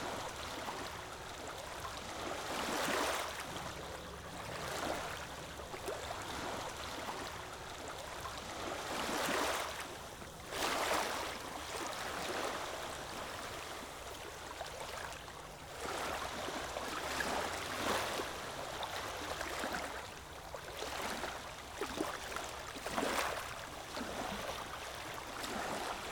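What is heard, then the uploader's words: Gentle waves wash in with a steady hiss of moving water, broken by soft splashing surges roughly every few seconds, the clearer ones near 3, 9, 11, 16 and 23 seconds. A low, constant rumble sits underneath throughout. Gentle Waves. Relaxing water sounds.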